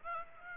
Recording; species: mosquito wingbeat signal from an infrared sensor; Aedes aegypti